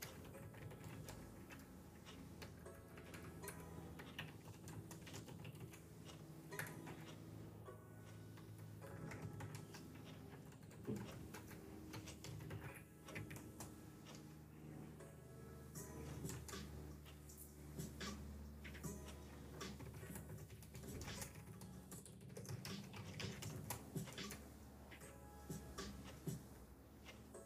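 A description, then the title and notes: A mellow lofi instrumental plays throughout, with sustained keyboard chords over a steady, soft bass. Short crisp clicks and ticks recur at a regular pace across the whole stretch, like a clock ticking along with the beat, while the level stays fairly even. Ticking clock, keyboard, lofi music, kpop instr.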